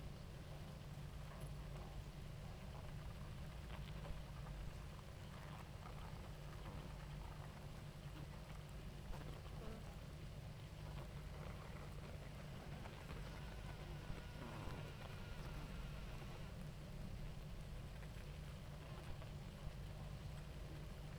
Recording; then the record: honeybee colony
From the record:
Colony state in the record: active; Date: 28 July 2017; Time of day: 18:44